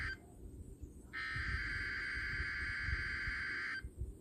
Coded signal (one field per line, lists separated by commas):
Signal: Emergency Alert System (SAME) tones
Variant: header bursts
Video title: Last RWT At My Old House (EAS 27)